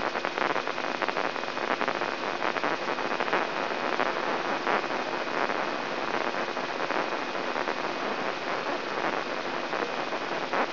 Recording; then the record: brain microelectrode recording played as sound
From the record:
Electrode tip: inside the subthalamic nucleus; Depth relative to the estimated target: 1 mm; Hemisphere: right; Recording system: AlphaMap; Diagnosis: Parkinson's disease